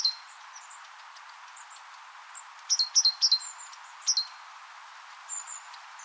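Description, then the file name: Great tit giving short bright high chirps, a quick burst of several notes then a pair, among scattered thin high notes. "Parus major"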